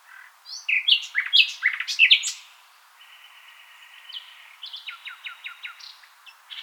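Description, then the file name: Common nightingale song phrases: loud varied chirps and whistles, a pause with a long soft whistled note, then a rapid series of repeated notes. "Luscinia megarhynchos"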